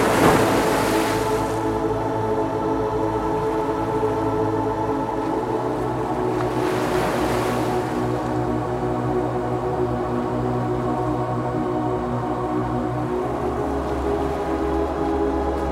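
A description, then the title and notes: Gentle ocean waves wash in twice, once right at the start and again around seven seconds, each a soft airy hiss that swells and fades. Beneath them a steady bed of sustained, layered tones and a low hum holds evenly throughout. Calming Meditation Music for Deep Sleep with Gentle Ocean Sounds.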